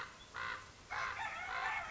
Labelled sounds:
Common Raven (Corvus corax)
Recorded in Sonoma County, California

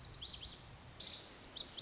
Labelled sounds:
Lazuli Bunting (Passerina amoena)
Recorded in Sonoma County, California

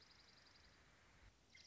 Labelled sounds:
Dark-eyed Junco (Junco hyemalis)
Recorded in Sonoma County, California

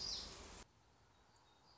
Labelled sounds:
Black-throated Gray Warbler (Setophaga nigrescens)
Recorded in Sonoma County, California

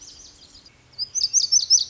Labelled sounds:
Lazuli Bunting (Passerina amoena)
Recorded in Sonoma County, California

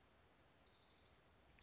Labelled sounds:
Orange-crowned Warbler (Leiothlypis celata)
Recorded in Sonoma County, California

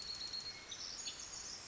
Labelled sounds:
Pacific Wren (Troglodytes pacificus)
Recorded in Sonoma County, California

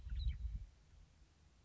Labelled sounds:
Western Meadowlark (Sturnella neglecta)
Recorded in Sonoma County, California

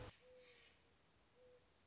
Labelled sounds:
Mourning Dove (Zenaida macroura)
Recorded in Sonoma County, California

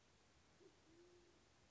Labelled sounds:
Band-tailed Pigeon (Patagioenas fasciata)
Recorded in Sonoma County, California

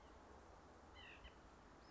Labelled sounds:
White-breasted Nuthatch (Sitta carolinensis)
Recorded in Sonoma County, California

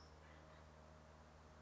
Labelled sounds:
California Towhee (Melozone crissalis)
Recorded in Sonoma County, California

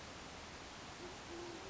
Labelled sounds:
Band-tailed Pigeon (Patagioenas fasciata)
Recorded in Sonoma County, California

